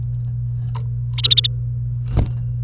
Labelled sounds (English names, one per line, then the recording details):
Domestic Canary song
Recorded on 28 April 2018 at 11:49
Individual llb3